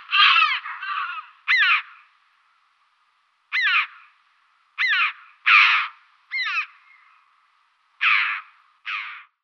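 Red-billed chough giving sharp calls, singly or in pairs at irregular intervals.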